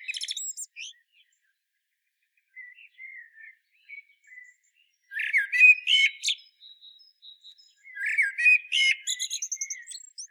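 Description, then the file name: Common blackbird song: the end of one phrase, then two loud mellow phrases with squeaky high twitters, with softer notes in between. "Turdus merula"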